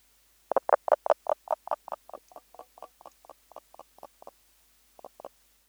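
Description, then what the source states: Common spadefoot squeaking: a rapid series of short, harsh squeaks, loud at first and then softer, stopping, then a few final squeaks after a brief pause. Two males, squeaking and being driven off.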